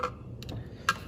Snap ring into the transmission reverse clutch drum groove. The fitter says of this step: you'll hear us as snapping sounds so that's in it's in place okay